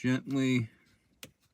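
On a first-generation Acura TLX, a metal retaining clip is slid gently onto a plastic dashboard trim panel tab near the speedometer to fix an interior rattle. Someone talks, then after a quiet stretch a brief sharp tap is heard near 1.2 s. Nothing has seated or clicked into place yet.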